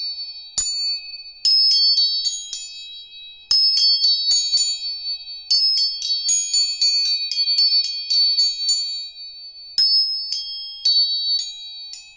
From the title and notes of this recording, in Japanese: 音叉チューニング全体性。